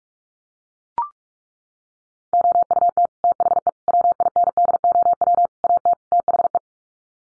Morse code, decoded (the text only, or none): OUT THE WINDOW AT THE